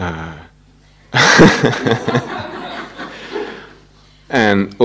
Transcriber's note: laughter